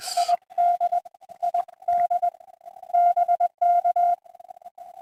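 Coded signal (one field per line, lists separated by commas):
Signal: Morse code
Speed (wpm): 20 wpm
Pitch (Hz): 700 Hz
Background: radio noise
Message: ID ID BK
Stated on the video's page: POTA hunting, working park activator stations on a Saturday morning.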